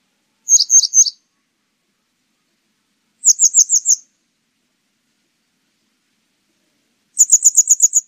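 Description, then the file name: Grey wagtail calls in three short bursts of high, sharp notes, each burst a quick run of several ticks, separated by silent pauses. "노랑할미새"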